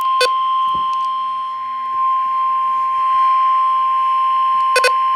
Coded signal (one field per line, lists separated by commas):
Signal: Emergency Alert System (SAME) tones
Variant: 1050 Hz attention tone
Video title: RWT GRANDPA EDITION (EAS 130-131)